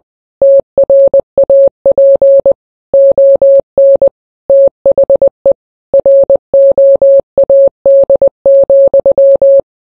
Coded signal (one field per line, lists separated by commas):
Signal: Morse code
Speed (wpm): 20 wpm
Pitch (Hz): 550 Hz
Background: none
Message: TRAP ON THE ROAD,